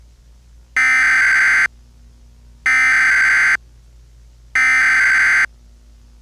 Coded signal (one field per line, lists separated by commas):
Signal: Emergency Alert System (SAME) tones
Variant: header bursts